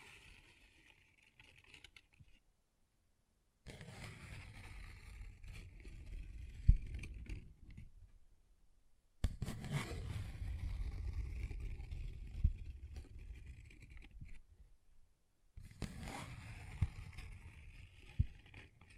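Paper bag scratching and tapping come in three busy bursts of rustle and low thumps, separated by short silences near 3, 8 and 15 seconds.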